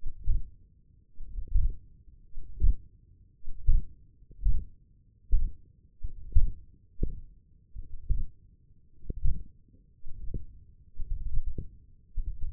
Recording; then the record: forearm muscle sounds (acoustic myography)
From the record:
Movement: hook grip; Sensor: system 1, eight BSWA MPA416 microphones around the upper forearm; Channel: 4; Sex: male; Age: 20 years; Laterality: left